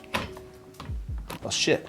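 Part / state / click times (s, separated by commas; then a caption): gold mount battery on a cinema camera battery plate / not seated / none. A gold mount battery is mounted onto a battery plate on a cinema camera, but it fails to give its usual click. Only tapping and clattering hits are heard while someone talks. Nothing has clicked yet.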